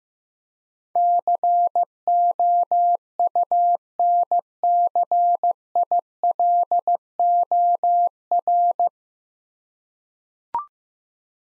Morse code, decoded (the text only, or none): COUNCILOR